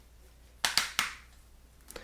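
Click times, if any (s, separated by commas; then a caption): 0.6 s. A plastic cap is pressed back onto an ink refill bottle for an Epson ET-2980 printer, and it snaps into place with a sharp click at 0.6 s. Two more sharp clicks follow at about 0.8 s and 1.0 s, then faint ticks near 1.9 s and 2.0 s. The cap is seated and clicked in place.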